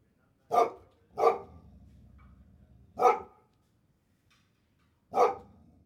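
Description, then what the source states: Dog barks, two quick barks, a pause, then two more single barks, with a low rattling sound after the second bark. Chained dog barking.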